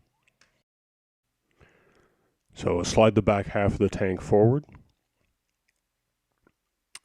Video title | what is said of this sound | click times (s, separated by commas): TMT - Fans Toys FT-41 Sheridan (Warpath) Detailed Review and Transformation | and like i said you just need to push the back in until you hear it click | 7.0 s